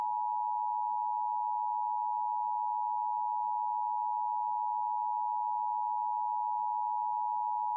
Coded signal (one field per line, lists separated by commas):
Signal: Emergency Alert System (SAME) tones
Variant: 853 and 960 Hz attention tone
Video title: LIVE AM/MW DX: DX Central Live - S. 3, Ep. 3 | Friday October 7, 2022 | MWFC: 670-702 kHz